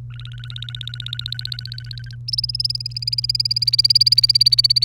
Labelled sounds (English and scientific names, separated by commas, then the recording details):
Domestic Canary (Serinus canaria) song
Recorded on 30 April 2018 at 17:41
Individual llb3